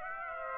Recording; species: mosquito wingbeat signal from an infrared sensor; Aedes aegypti